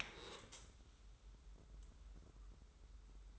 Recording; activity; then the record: daily activity, microphone in the room; stand up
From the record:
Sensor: 3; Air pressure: 994.4 hPa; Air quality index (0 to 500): 200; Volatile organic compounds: 1000 ppm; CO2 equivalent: 6622 ppm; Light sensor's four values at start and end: 173/408/174/173 and 193/457/195/198